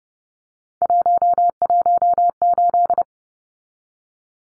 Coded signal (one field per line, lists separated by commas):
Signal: Morse code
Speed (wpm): 30 wpm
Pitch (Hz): 700 Hz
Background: none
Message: 118